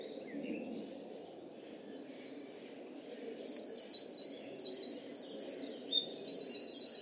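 Bird song comes in after several seconds of low background hiss: quick high slurred notes, a buzzy stretch and a closing rapid trill.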